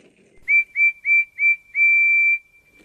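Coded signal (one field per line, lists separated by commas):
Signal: none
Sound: train whistle toots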